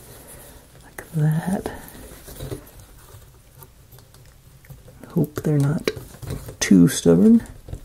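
A flower-set piece of a UGEARS Mechanical Flower wooden plywood mechanical model is handled at its slot on the bottom of the model base, making a few light taps and small knocks while someone talks. Nothing has seated or clicked into place yet.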